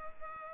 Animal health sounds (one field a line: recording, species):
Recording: mosquito wingbeat signal from an infrared sensor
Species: Culex pipiens